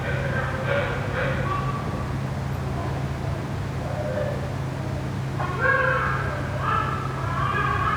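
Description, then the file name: Dog crying in short, high, wavering whines that come in quick bursts, set against a steady low mechanical hum. Dog crying near a ventilation system. "a dog crying near a ventilation system"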